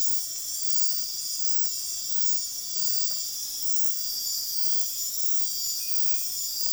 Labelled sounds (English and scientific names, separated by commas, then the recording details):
none
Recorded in dense forest near Puerto Asís, Putumayo, Colombia, on 21 February 2024 at 05:00
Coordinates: 0.502, -76.326
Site G6460